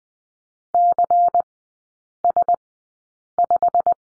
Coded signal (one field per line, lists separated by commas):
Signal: Morse code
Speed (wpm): 20 wpm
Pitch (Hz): 700 Hz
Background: none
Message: CS5